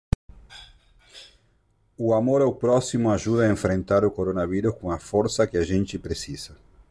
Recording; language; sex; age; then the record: spoken sentence; Brazilian Portuguese; male; 40 to 49 years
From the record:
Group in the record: control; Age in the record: 48 years